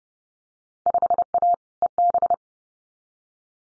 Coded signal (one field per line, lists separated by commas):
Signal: Morse code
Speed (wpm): 30 wpm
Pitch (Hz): 700 Hz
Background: none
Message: 5A EB